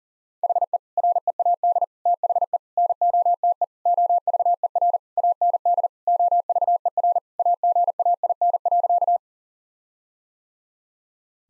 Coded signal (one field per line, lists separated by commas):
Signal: Morse code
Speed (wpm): 40 wpm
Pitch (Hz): 700 Hz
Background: none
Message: HE READ THE NOTE OVER AND OVER AGAIN.